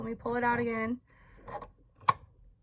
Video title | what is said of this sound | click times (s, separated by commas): Everything to know about the Baby Lock Zest Sewing Machine - DISCOUNT CODE | And it just clicks into place. | 2.1 s